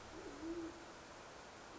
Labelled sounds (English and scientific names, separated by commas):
Band-tailed Pigeon (Patagioenas fasciata)